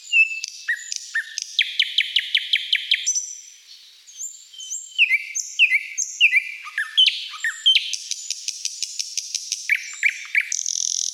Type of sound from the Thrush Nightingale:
song